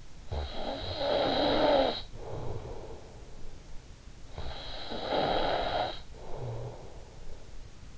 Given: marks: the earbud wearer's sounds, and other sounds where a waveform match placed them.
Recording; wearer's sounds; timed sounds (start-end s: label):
sounds in sleep by an in-ear microphone; snoring breath
0.00-3.45 s: snoring breath
3.77-7.69 s: snoring breath